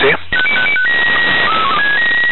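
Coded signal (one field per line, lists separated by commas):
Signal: SSTV (slow-scan television)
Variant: PD 180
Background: speech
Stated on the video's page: CQ call from the ISS received between SSTV transmissions.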